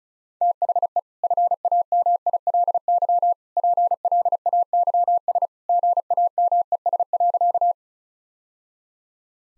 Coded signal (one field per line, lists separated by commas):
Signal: Morse code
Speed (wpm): 36 wpm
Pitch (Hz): 700 Hz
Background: none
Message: THE FAMILY PLAYS GAMES.